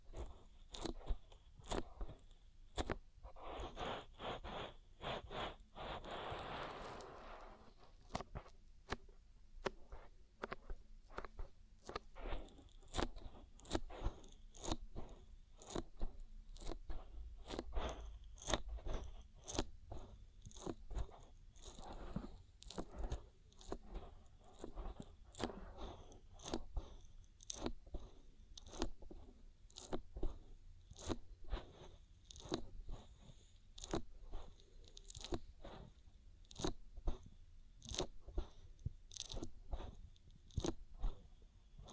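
An oil ear massage: a steady stream of sharp, wet crackles and pops, several each second, bright and crisp at the top. Around five to seven seconds a thicker squishing rub swells up, then the irregular clicking carries on over a faint low rumble.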